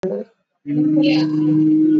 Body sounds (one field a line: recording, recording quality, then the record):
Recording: sustained vowel as in beet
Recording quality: moderate, slight background noise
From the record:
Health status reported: exposed to COVID-19, no respiratory illness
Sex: male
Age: 37 years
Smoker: no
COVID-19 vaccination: both doses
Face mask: worn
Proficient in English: yes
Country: India